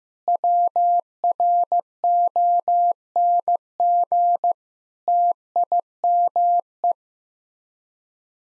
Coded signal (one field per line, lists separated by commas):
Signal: Morse code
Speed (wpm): 16 wpm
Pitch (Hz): 700 Hz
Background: none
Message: WRONG TIME